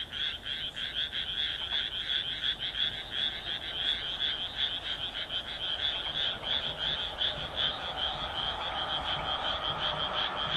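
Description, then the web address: Frog croaking continuously in a fast, slightly uneven train of harsh pulsed notes, loud and steady throughout. "kaeru kaeru"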